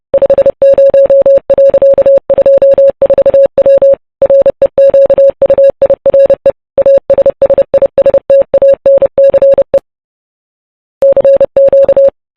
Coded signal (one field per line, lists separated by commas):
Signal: Morse code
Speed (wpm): 30 wpm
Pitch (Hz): 550 Hz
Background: music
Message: 50.24W REQUIRE ASSISTANCE CQ